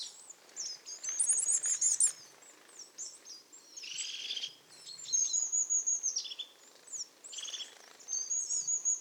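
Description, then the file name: Marsh tit calling: a burst of quick high chattering notes, then buzzy phrases and drawn-out thin whistles, repeated over a faint hiss. "Poecile palustris"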